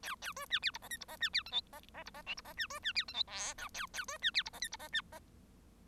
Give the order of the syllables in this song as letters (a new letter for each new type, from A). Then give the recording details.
A A B C D E F G E F C D H I F F E F J E F C B C D H I K L A A B C D E F G E F C F. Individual Bird1